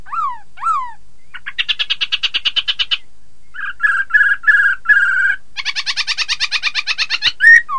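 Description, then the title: Laughingthrush singing a mix of two slurred whistles, a quick rattling series, rough repeated notes, and a long buzzy chatter ending in a short whistle. "Suara Kicau Burung Poksay"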